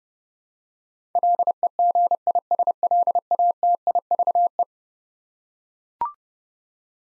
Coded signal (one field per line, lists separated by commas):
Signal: Morse code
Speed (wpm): 31 wpm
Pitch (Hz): 700 Hz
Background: none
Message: LEGISLATIVE